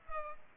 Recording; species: mosquito wingbeat signal from an infrared sensor; Culex pipiens